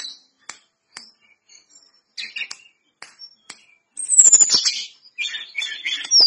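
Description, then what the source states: Lesser Shortwing song: scattered sharp clicks and short high notes, then a thin descending whistle leading into a burst of rapid, high, jumbled warbling. Singing actively (gacor).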